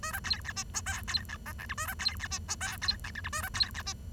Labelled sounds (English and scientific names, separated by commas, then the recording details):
Bengalese Finch (Lonchura striata domestica) song
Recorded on 23 June 2012 at 10:53
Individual gr41rd51